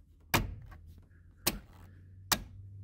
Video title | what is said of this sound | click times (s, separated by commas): Volvo S70 turn signal stalk, seat belt, ambient temp sensor, and fired up Lemonade. - HOWR | and then those snap in place now you can put this piece up here | 1.5 s, 2.3 s